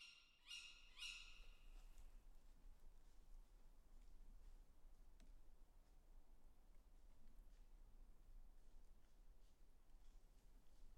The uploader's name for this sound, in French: Chouettes au dessus de la tete